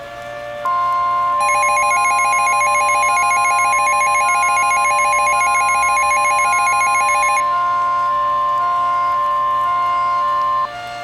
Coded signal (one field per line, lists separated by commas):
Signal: Emergency Alert System (SAME) tones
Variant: 1050 Hz attention tone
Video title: EAS Scenario - The Shearon-Harris Incident